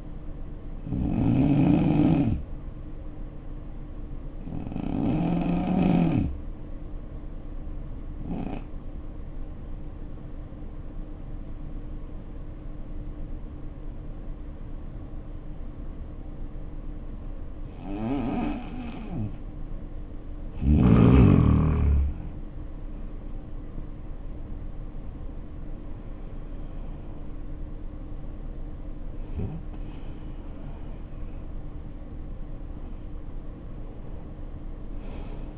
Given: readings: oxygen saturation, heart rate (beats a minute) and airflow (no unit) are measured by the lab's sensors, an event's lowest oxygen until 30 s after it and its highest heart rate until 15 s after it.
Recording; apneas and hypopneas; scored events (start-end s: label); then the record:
breathing in sleep by a smartphone at the bedside; 1
10.00-20.70 s: obstructive apnea (N2, oxygen 91% highest, then 78% lowest, heart rate 63 at the start, 75 highest)
From the record:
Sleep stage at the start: N2 (light sleep); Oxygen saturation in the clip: 80 to 91%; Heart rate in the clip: 60 to 75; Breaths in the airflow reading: 6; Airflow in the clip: -9.7 to 7.1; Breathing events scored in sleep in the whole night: 520 in 7.2 hours asleep